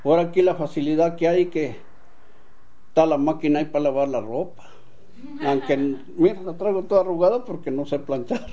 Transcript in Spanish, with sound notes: Ahora aquí la facilidad que hay que ta la máquina ahí pa lavar la ropa. (risas) Aunque, mire, la traigo toda arrugada, porque no sé planchar.